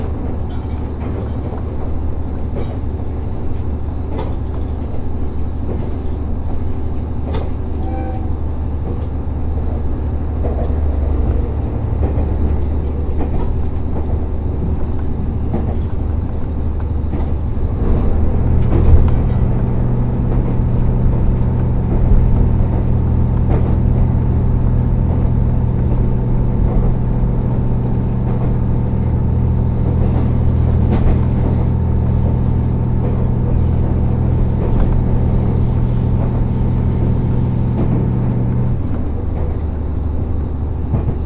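Ride aboard the Resort Shirakami No. 4 train on the Gono Line, from Fukaura to Iwadate, with a steady low rumble of the running train throughout. From about 18 seconds to 39 seconds the drone grows louder and fuller, with a firm low hum, then eases back.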